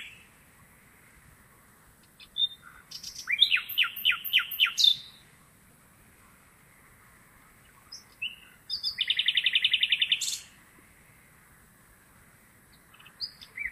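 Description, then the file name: Common nightingale singing two phrases: first a run of loud repeated descending notes, then after a pause a fast, even, buzzy trill of repeated notes. "Luscinia megarhynchos"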